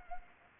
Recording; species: mosquito wingbeat signal from an infrared sensor; Anopheles gambiae